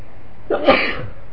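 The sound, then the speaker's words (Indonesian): A single sharp sneeze bursts out after a quiet moment, a quick breathy intake rising into a bright, explosive release that fades within half a second, with no talking around it. “Alhamdulillah.”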